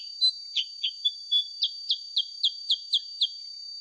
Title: Masteran Kutilang Sutra. SUARA ASLI KUTILANG SUTRA COCOK UNTUK PANCINGAN